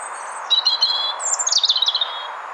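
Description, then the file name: European robin singing a brief phrase: a few thin high notes followed by a rapid, jumbled run of high tinkling notes, with soft hiss behind. "Erithacus rubecula"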